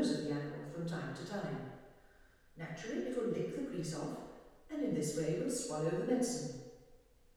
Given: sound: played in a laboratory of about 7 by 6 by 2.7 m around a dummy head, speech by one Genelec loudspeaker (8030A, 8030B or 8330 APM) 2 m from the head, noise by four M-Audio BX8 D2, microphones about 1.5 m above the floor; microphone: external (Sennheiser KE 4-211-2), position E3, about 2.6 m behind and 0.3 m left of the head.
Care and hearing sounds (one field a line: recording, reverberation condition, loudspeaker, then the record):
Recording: female speech in English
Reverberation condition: high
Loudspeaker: 30 degrees to the right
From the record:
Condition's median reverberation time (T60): about 1300 ms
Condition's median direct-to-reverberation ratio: about -4.0 dB